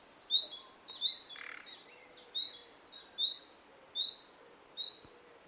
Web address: SETE data Luscinia megarhynchos